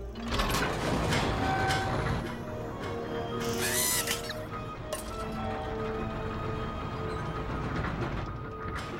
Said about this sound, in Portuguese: Uma porta que range. Que ótimo.